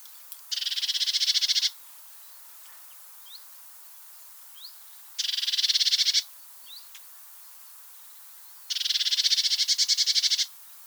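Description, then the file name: Eurasian blue tit giving three harsh, rapidly pulsed churring rattles, each one to two seconds long and several seconds apart, with soft upslurred chips in the gaps. "Cyanistes caeruleus"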